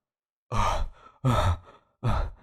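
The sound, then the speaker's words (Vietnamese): Heavy, labored panting after pedaling a bicycle hard to get home: three loud, breathy gusts of air in a steady rhythm, each trailing off into a softer rasp, with no talking. “Làm gì thở ghê mày?”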